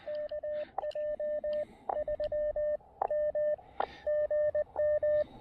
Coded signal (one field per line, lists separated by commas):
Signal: Morse code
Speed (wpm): 19 wpm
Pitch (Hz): 590 Hz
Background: radio noise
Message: KJ 3 M GM